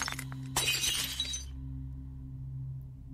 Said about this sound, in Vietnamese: bà sợ đến ngã vật cả ra đất, va cả vào bát cơm cúng để trên nắp ván thiên. Bát cơm rơi xuống đất, vỡ tan tành.